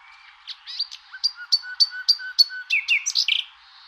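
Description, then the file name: Common nightingale song phrase: a few soft whistles, then a string of evenly spaced loud clipped notes, ending in slurred downward whistles and a buzzy flourish. "rossignol"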